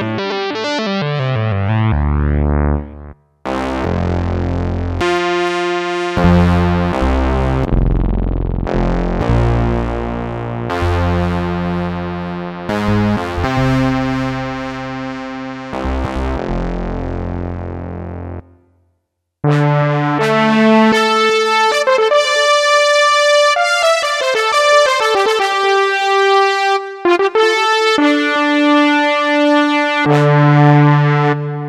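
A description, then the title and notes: Solo synth notes with bright buzzing tones sweep and step between pitches, pausing briefly near 3 and 19 seconds before continuing steadily. Some of my own XW-G1 Solo-synth sounds.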